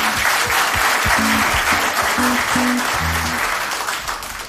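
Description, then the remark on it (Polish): An audience applauds steadily for Polish Radio Three (Trójka), a dense wash of clapping that holds strong for several seconds before starting to thin out at the end, with faint low tones beneath it. “Proszę, my tu mamy od Trójki, brawo dla Trójki.”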